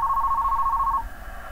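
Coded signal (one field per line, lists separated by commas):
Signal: NAVTEX (SITOR-B)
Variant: 100 baud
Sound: fast warbling two-tone chirping near 1 kHz for one second, then static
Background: radio static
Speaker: here we are one kilohertz in the waterfall so that is 518 kilohertz and that is the sit door oh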